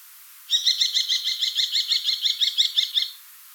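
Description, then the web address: Common kestrel call: a rapid series of many sharp, shrill notes lasting about two and a half seconds. "falco tinnunculus call"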